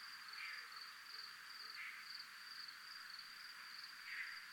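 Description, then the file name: Cricket sings a continuous high, evenly pulsed trill, with a few fainter rasping notes behind it. Recorded in a military zone. "zona militar crickets"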